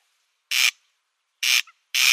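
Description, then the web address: Corn crake giving three loud, dry rasping bursts, each short and grating, with a brief pause between them. Display call. "Schulze Peter Corn Crake display"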